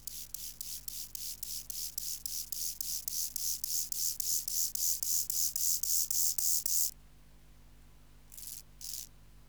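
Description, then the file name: Lesser mottled grasshopper song: a long series of rasping, hissy pulses, about three or four each second, growing louder at first and then steady for about seven seconds, then a pause and two short, fainter final rasps. Subspecies ignifer. "Chorthippus mollis ignifer"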